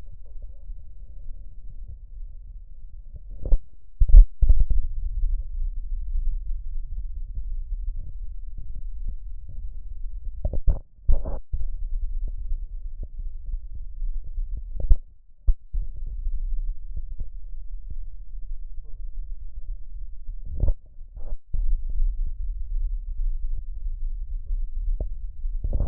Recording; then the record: lung sounds by stethoscope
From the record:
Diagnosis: emphysema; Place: left posterior upper chest